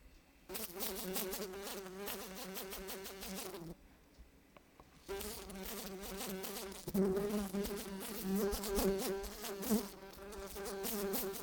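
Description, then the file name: Fly wing buzz, a droning hum with shifting pitch, broken by a brief quiet gap before resuming and continuing to the end. "la grosse mouche"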